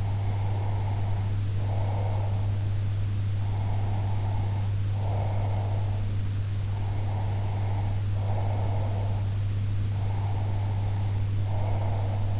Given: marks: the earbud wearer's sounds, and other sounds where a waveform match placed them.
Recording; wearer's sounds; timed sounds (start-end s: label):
sounds in sleep by an in-ear microphone; breath
0.00-2.54 s: breath
3.37-6.12 s: breath
6.72-9.20 s: breath
9.83-12.40 s: breath